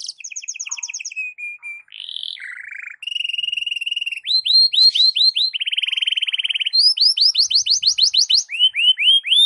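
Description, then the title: Canary song of quick trills, buzzy rolls and chains of rising whistled notes, each phrase repeated several times before switching. Canary song in the morning, played to warm up Belgian canaries and suited as masteran (song tutoring for other birds). "Canto Para Esquentar Canário Belga. SUARA BURUNG KENARI DI PAGI HARI COCOK BUAT MASTERAN"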